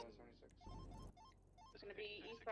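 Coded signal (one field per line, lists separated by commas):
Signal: none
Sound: game's radio chirp beeps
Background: speech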